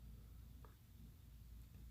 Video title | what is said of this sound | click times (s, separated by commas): [Eng] Build your own PC - Part 3: Cables | 6 you will hear the click sound when you properly install the SATA cables | 0.7 s